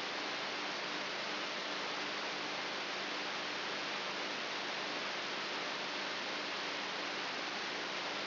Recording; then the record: brain microelectrode recording played as sound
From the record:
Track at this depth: inside the subthalamic nucleus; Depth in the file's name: 4.64 mm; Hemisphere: right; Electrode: 3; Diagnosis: Parkinson's disease